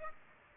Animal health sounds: mosquito wingbeat signal from an infrared sensor; Aedes aegypti

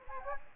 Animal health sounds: mosquito wingbeat signal from an infrared sensor; Anopheles gambiae

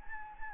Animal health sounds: mosquito wingbeat signal from an infrared sensor; Anopheles gambiae

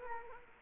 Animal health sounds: mosquito wingbeat signal from an infrared sensor; Culex quinquefasciatus

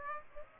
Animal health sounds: mosquito wingbeat signal from an infrared sensor; Aedes aegypti

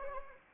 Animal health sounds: mosquito wingbeat signal from an infrared sensor; Anopheles arabiensis

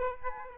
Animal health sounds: mosquito wingbeat signal from an infrared sensor; Aedes aegypti

